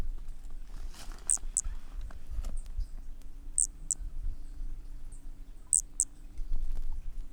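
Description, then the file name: Brachycephalus frog calling in neat pairs of tiny, very high pips, each pair about two seconds apart, over low rumbling noise. Undetermined Brachycephalus species, individual 7, Corcovado, 18 December 2017; recorded at 20–100 cm from the frog; four notes were missed. "MHNCI Brachy sp ind 7 perdeu 4 notas 20-100 cm Corcovado 18 dez 2017 MRB"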